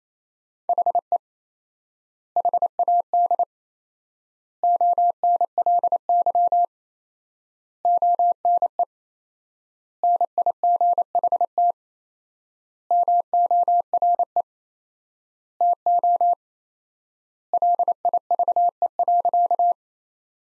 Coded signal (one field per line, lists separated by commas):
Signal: Morse code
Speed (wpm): 28 wpm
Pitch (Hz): 700 Hz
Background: none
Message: HE HAD ONLY ONE NIGHT MORE TO LIVE.